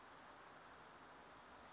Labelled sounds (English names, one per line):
Western Flycatcher